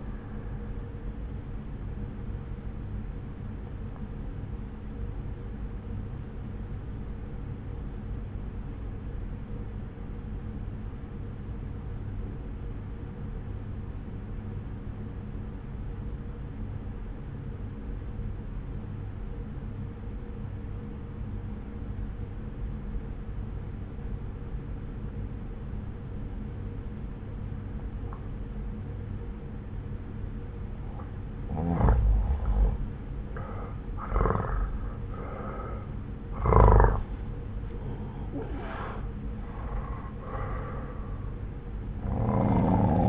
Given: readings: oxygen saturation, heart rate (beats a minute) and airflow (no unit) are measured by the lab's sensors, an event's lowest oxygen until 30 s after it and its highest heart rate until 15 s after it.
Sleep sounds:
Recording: breathing in sleep by a smartphone at the bedside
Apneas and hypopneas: 1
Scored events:
4.00-33.60 s: obstructive apnea (N1, oxygen 95% highest, then 86% lowest)
From the record:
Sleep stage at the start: N1 (lightest sleep)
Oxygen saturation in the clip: 86 to 95%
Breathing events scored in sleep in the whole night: 303 in 8.1 hours asleep

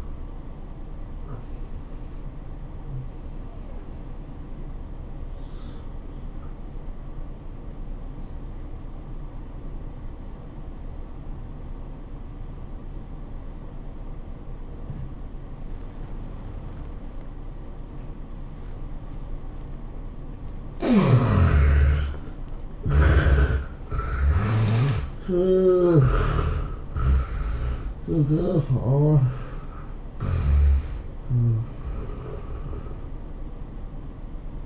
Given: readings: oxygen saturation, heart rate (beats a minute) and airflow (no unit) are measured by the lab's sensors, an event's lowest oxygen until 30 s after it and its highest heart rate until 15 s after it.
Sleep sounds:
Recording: breathing in sleep by a smartphone at the bedside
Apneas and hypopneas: 1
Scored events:
3.00-20.90 s: hypopnea (N1, oxygen 96% highest, then 75% lowest, heart rate 102 at the start, 107 highest)
From the record:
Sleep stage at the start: N1 (lightest sleep)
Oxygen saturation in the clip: 71 to 96%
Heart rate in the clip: 81 to 107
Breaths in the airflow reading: 6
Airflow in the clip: -17.8 to 14.7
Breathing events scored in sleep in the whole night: 403 in 5.5 hours asleep

